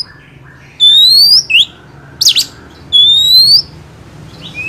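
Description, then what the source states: Oriental magpie-robin song with long rising whistles and a short harsh burst between them. Masteran training song for songbirds; described as a champion kacer.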